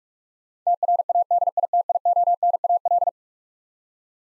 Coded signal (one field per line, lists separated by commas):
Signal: Morse code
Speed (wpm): 46 wpm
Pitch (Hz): 700 Hz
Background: none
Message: TRADITIONAL